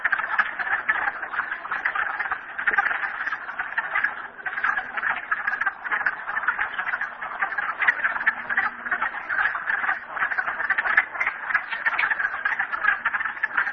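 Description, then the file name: Frog chorus, a dense continuous mass of rapid croaking and trilling calls overlapping throughout. Recorded at Merryspring. "frogs merryspring 42008"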